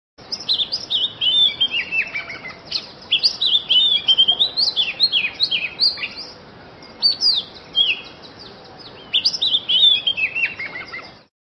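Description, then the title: Oriental magpie-robin singing a long varied run of high whistled and chattering notes, bursts separated by brief pauses, with faint background hiss. "Kacer"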